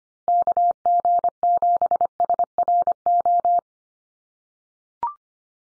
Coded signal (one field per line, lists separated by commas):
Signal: Morse code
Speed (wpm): 25 wpm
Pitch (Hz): 700 Hz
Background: none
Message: KG7SRO